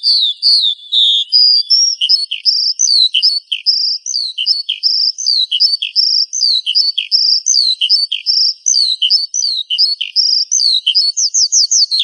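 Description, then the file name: Horsfield's bush lark pours out a busy mix of sharp chirps and high whistles, ending in a quick burst of rapid rising notes. "suara burung branjangan"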